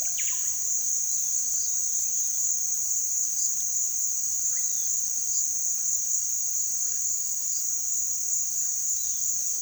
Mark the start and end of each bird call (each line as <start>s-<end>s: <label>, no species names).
0.00s-0.57s: bird call
4.37s-5.00s: bird call